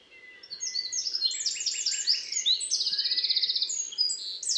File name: Troglodytes troglodytes 301298